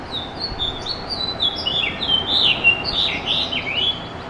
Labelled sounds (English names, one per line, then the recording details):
House Finch song
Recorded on Long Island, New York, on 21 June 2011
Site IT
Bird C